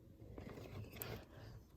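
A crimped wire terminal pin, the last of five wires, is pushed into an Aristo/Supra twin-turbo ECU harness connector housing for a Lexus SC300 NA-T, with soft scraping and handling sounds throughout. A sharp, bright click lands at 1.0 s as the pin seats in the housing, and all five wires are now in.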